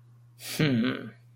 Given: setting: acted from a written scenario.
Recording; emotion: vocal sound without words; contempt